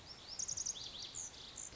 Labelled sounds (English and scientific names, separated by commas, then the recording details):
Lazuli Bunting (Passerina amoena)
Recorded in Sonoma County, California